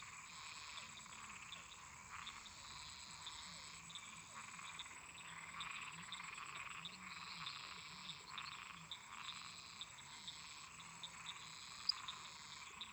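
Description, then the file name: Crickets in a steady high trilling chorus that runs without pause, mixed with a dense chorus of frogs pulsing at mid pitch and low throbbing calls beneath. Crickets singing constantly together with toads and frogs. "Grilos cantando constantemente em conjunto com sapos e ras"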